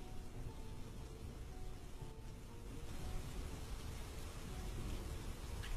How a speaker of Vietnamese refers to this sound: Cơn mưa rào bất chợt ù ù đổ xuống, cứ như vậy đến tận nửa đêm, mặc cho bên ngoài sấm chớp ầm ầm. Ở trong nhà, khi đóng chặt tất cả các cửa, mọi thứ yên tĩnh hơn. Chỉ còn loáng thoáng nghe tiếng mưa ở bên ngoài lại làm cho con người ta dễ ngủ.